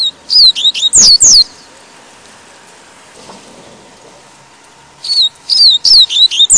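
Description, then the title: Double-collared Seedeater song, two bursts of quick, high, slurred whistled notes about four seconds apart, with a faint steady hum beneath. "Canto Coleiro"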